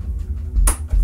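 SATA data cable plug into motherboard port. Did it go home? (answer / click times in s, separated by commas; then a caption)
yes / 0.7 s. A SATA data cable plug is pushed onto the side-facing port of a motherboard, with low hum and faint handling noise beforehand. A sharp, bright click sounds at 0.7 s, and the connector is clipped in and seated.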